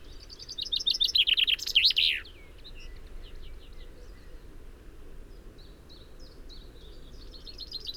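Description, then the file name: Common chaffinch song: a loud, fast trill of chipping notes ending in a sharp flourish, followed by faint, scattered high calls. "Fringilla coelebs"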